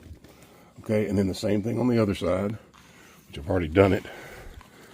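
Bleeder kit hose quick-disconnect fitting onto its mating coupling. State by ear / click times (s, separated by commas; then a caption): not seated / none. A quick-disconnect fitting on a hose from a bleeder kit for a Sea Star hydraulic steering system on a boat is handled near its mating coupling while someone talks. Brief faint knocks are heard, but the fitting has not yet locked on; nothing has seated or clicked yet.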